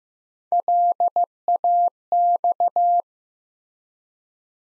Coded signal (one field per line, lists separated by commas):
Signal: Morse code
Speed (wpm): 16 wpm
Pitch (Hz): 700 Hz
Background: none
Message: LAX